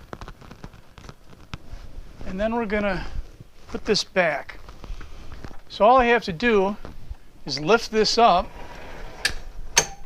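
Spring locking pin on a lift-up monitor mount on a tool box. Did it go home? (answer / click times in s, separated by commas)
yes / 9.8 s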